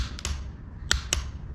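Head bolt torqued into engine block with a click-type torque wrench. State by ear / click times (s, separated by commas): torque reached / 0.9 s, 1.1 s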